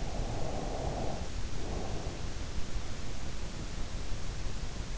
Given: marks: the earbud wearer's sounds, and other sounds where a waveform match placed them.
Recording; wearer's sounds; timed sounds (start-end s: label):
sounds in sleep by an in-ear microphone; breath
0.87-3.64 s: breath